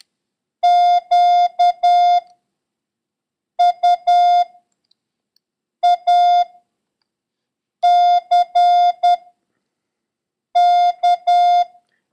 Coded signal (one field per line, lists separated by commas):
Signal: Morse code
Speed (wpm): 10 wpm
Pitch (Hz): 710 Hz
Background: none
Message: QUACK